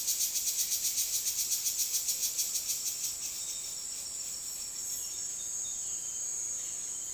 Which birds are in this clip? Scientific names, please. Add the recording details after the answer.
Cyanocorax violaceus. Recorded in dense forest near Puerto Asís, Putumayo, Colombia, on 21 February 2024 at 18:00. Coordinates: 0.502, -76.326. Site G6460